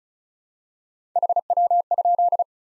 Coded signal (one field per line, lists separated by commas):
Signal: Morse code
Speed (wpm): 36 wpm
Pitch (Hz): 700 Hz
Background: none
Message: HW?